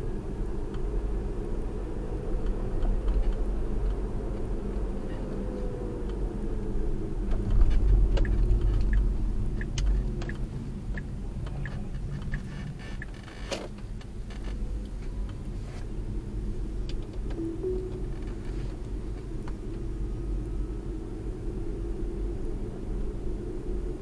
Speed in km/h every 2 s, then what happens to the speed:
48, 52, 47, 37, 26, 16, 19, 29, 32, 32, 37, 39.
3-10 brakes to 16. 10-24 speeds up to 39.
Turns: 7-11.